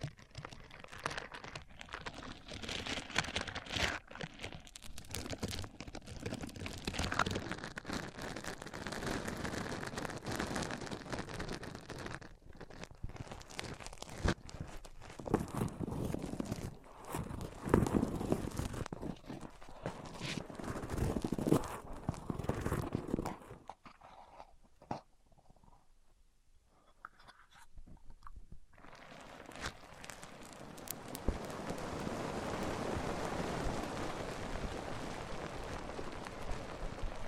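Microphones are rubbed across different surfaces, making dense scraping and crackling with sharp, irregular bursts through the first twenty-odd seconds. Around 24 to 28 seconds it drops nearly silent. Then a steadier, softer hiss-like rubbing takes over to the end.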